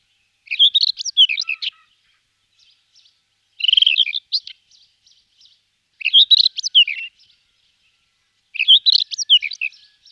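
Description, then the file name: Rufous-tailed scrub robin delivering four lively, jumbled warbling phrases, spaced about every two and a half seconds, with soft twittering between them. "Fr meaux Nature - Acrobate roux Rufous Bush Robin"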